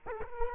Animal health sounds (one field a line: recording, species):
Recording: mosquito wingbeat signal from an infrared sensor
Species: Culex quinquefasciatus